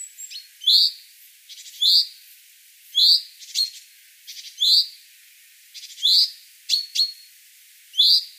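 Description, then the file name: Common chaffinch calls, a sharp note repeated several times, interspersed with faint ticks and a couple of thin whistled notes. "Fringilla coelebs"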